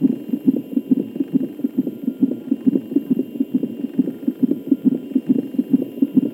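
Rapid, regular whooshing pulses at about 136 a minute: a fetal heartbeat heard through a CTG (cardiotocography) Doppler monitor in Berlin, at Heinrich-Heine.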